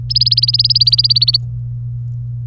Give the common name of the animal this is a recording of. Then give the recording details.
Domestic Canary. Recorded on 24 April 2018 at 09:36. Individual llb3